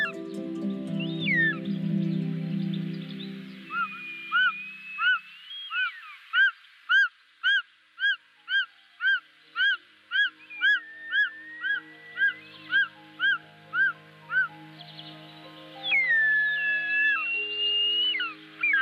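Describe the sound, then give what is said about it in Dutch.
A short-toed snake eagle in the Oostvaardersplassen near Lelystad, Netherlands, calls in a long run of clear, rising whistled notes, about a dozen evenly spaced yelps at a steady rhythm, loud and alone with a low rumble underneath. “De slangenarend zat zich te poetsen en rustig om zich heen te kijken met zijn gele ogen.”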